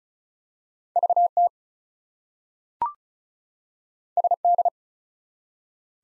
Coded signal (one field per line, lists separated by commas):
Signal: Morse code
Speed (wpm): 36 wpm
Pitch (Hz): 700 Hz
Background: none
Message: VT SD